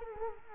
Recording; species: mosquito wingbeat signal from an infrared sensor; Culex quinquefasciatus